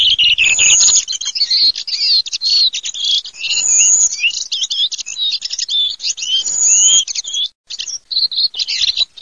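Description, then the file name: Redwing calls in a dense, continuous high twittering chatter of many thin, squeaky notes, with bursts of hiss underneath. "SASSELLOFABBRIS"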